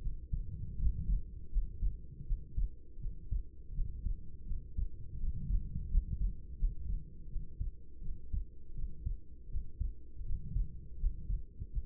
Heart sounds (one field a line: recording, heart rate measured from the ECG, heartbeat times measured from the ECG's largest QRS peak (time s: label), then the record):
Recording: heart sounds by stethoscope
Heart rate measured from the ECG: 82 bpm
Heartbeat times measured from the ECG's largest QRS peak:
0.76 s: heartbeat
1.50 s: heartbeat
2.24 s: heartbeat
2.98 s: heartbeat
3.72 s: heartbeat
4.45 s: heartbeat
5.17 s: heartbeat
5.88 s: heartbeat
6.57 s: heartbeat
7.27 s: heartbeat
8.00 s: heartbeat
8.73 s: heartbeat
9.48 s: heartbeat
10.23 s: heartbeat
10.97 s: heartbeat
11.70 s: heartbeat
From the record:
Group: healthy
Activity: rest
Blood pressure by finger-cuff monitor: 102/60 mmHg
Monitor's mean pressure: 74 mmHg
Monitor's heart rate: 82 bpm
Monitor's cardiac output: 6.9 L/min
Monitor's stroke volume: 84 mL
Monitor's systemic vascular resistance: 770 dyn s/cm5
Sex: female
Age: 26 years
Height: 165 cm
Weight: 55 kg